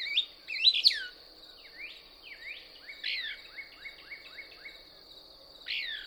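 Couch's Kingbird song: loud squeaky twitter followed by a run of thin descending pik notes and a final high slurred note, a steady high hum throughout.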